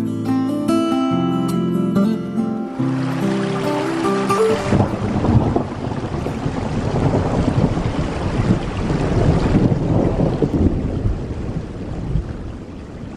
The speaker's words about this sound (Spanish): Pero qué tormenta.